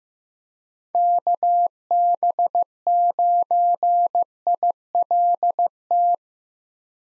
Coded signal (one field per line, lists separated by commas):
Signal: Morse code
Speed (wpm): 15 wpm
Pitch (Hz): 700 Hz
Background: none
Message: KB9ILT